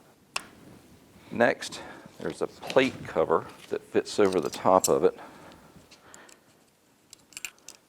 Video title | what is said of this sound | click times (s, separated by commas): Yamaha Raptor 700R Engine Build Part 4: Flywheel and Starter - Partzilla.com | push it down over that o-ring. You'll hear it pop. | 0.4 s